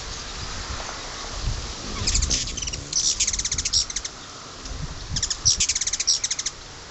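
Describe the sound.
Hummingbird chatter: rapid bursts of high, squeaky ticking notes in several runs of up to about a second and a half, with low rumbling background noise throughout.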